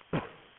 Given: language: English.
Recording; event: throat vibration sensor signal played as sound; cough